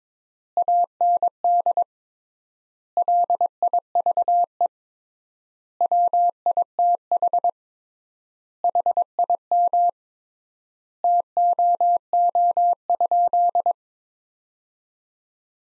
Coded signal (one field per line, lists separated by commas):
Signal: Morse code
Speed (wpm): 22 wpm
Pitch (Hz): 700 Hz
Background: none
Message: AND LIVE WITH HIM TOO?